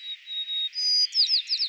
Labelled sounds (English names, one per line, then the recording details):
White-crowned Sparrow song
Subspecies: nuttalli
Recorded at Carmel, California, in 2014
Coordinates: 36.533, -121.927
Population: south
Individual CARM_maleA